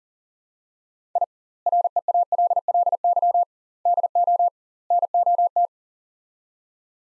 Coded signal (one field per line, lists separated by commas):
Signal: Morse code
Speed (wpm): 40 wpm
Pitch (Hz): 700 Hz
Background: none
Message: I REALLY DO NOT